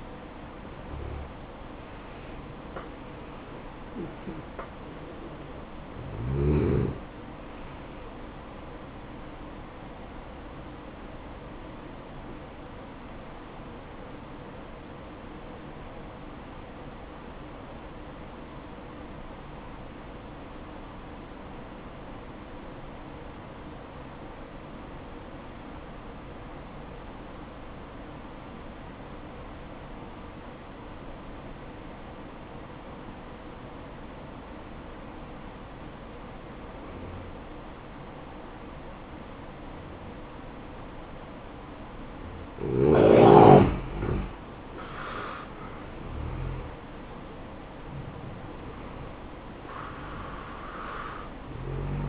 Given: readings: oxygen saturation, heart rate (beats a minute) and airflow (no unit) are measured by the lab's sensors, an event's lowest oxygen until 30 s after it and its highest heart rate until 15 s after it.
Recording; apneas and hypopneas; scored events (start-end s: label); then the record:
breathing in sleep by a voice recorder at the bedside; 1
15.00-44.20 s: obstructive apnea (N1, oxygen 95% highest, then 85% lowest, heart rate 60 at the start, 67 highest)
From the record:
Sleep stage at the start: N1 (lightest sleep); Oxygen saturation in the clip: 86 to 95%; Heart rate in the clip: 56 to 70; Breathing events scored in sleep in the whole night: 573 in 9.8 hours asleep